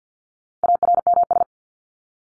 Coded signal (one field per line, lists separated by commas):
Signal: Morse code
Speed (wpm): 50 wpm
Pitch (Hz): 700 Hz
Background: none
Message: ARMS